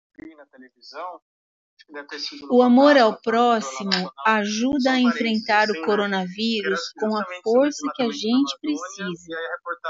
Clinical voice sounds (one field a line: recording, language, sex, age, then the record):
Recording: spoken sentence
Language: Brazilian Portuguese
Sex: female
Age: 50 to 59 years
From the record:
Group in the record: control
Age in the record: 59 years